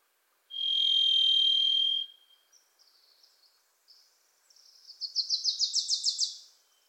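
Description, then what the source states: Varied thrush song: one long, steady, buzzy whistled note held about a second and a half, followed by a quick rising chattery series from another small bird. Wild bird in Pacific Northwest forest; its voice is likened to crying "Listen. Listen."; a Wilson's Warbler sings alongside.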